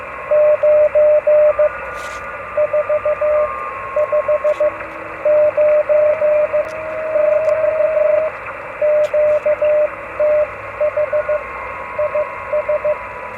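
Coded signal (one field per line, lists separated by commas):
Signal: Morse code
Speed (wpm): 15 wpm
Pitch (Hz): 600 Hz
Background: radio noise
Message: 9 4 5 9 <BT> QTH IS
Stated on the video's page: Foundation-privilege operating at 5 W on 10 and 15 metres into a small vertical antenna without radials.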